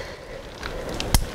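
The end of a crossbar pole on a Big Agnes Copper Spur MTN GLO UL 1 tent is pushed into its ball-and-cup socket on the pole hub on the second, opposite side. After a quiet stretch and a faint tap near 0.7 s, a short click comes at 1.0 s and a louder, sharper snap at 1.2 s. The crossbar end is seated.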